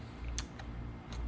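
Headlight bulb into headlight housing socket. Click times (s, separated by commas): 0.4 s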